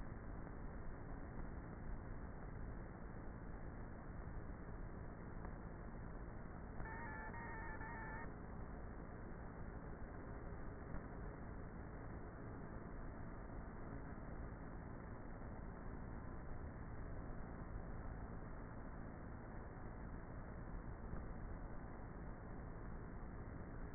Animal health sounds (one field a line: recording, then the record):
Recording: honeybee colony, microphone inside the hive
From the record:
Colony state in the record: queenless with a low population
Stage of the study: before two queens were removed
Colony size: about 30,000 bees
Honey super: no